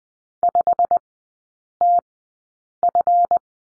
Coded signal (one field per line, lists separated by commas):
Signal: Morse code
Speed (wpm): 20 wpm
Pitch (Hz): 700 Hz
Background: none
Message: 5TF